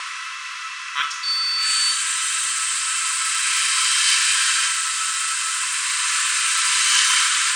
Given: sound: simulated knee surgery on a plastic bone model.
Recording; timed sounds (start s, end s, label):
surgical tools on bone
3.62	4.67	drilling into bone
6.15	7.56	drilling into bone